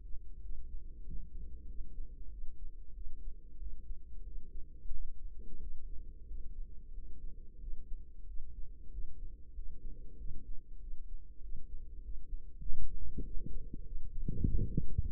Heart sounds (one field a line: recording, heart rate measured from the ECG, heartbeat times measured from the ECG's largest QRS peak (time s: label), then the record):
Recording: heart sounds by microphone in the right ear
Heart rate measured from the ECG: 94 bpm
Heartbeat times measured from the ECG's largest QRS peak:
0.38 s: heartbeat
1.01 s: heartbeat
1.64 s: heartbeat
2.27 s: heartbeat
2.90 s: heartbeat
3.55 s: heartbeat
4.21 s: heartbeat
4.89 s: heartbeat
5.56 s: heartbeat
6.24 s: heartbeat
6.90 s: heartbeat
7.57 s: heartbeat
8.23 s: heartbeat
8.88 s: heartbeat
9.51 s: heartbeat
10.15 s: heartbeat
10.77 s: heartbeat
11.38 s: heartbeat
11.99 s: heartbeat
12.60 s: heartbeat
13.21 s: heartbeat
13.81 s: heartbeat
14.41 s: heartbeat
15.02 s: heartbeat
From the record:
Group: healthy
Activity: cold pressor test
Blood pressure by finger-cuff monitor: 134/83 mmHg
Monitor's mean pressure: 100 mmHg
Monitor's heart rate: 94 bpm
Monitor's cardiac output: 7.5 L/min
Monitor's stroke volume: 80 mL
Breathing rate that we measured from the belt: 21 breaths a minute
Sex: female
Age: 32 years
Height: 172 cm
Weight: 71.7 kg